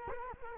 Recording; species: mosquito wingbeat signal from an infrared sensor; Culex quinquefasciatus